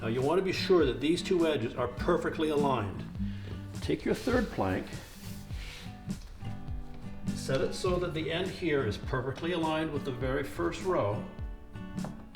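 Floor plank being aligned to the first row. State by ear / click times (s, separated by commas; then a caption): not seated / none. A third floor plank is positioned so its end lines up with the first row of flooring, before it is dropped into the groove. Someone talks over background music while the plank is handled. Nothing has seated or clicked yet.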